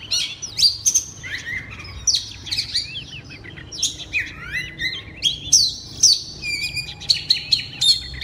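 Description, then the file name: Oriental magpie-robin belting out a loud medley of whistles, harsh chattering notes and rapid rattles, each phrase short and different from the last. Kacer singing in the loud, open ngeplong style. "suara kacer ngeplong keras"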